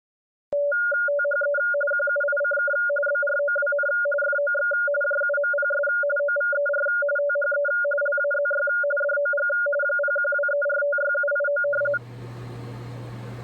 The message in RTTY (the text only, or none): THE QUICK BROWN FOX JUMPS OVER THE LAZY DOG 0123456789